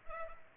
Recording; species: mosquito wingbeat signal from an infrared sensor; Culex pipiens